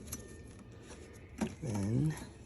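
A plastic wiring harness connector is handled near its ignition coil on a Lexus GX 460, with faint taps around 0.1 s and 1.4 s while someone talks. The connector has not been pushed home and nothing has seated or clicked yet.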